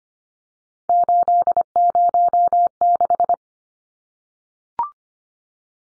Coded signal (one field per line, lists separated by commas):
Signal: Morse code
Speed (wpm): 25 wpm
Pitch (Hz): 700 Hz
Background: none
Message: 806